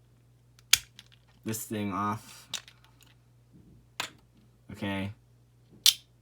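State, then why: Released. As the plastic housing of a toy LR string launcher is opened, its retract (recoil) mechanism releases with a single sharp click at 5.9 s, the click it should normally make. Someone talks in short bursts, and earlier sharp ticks come at about 0.7 s and 4.0 s.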